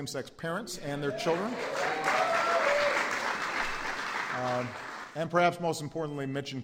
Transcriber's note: applause